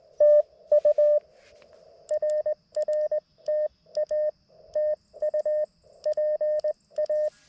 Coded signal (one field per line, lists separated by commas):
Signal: Morse code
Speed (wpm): 20 wpm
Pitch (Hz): 610 Hz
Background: none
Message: TU RR TA TU PA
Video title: A quick QRP CW POTA activation with the LNR Precision MTR-4B